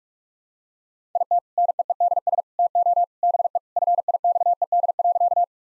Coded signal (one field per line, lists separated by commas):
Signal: Morse code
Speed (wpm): 46 wpm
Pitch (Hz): 700 Hz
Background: none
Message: IT NEEDS TO BE FIXED.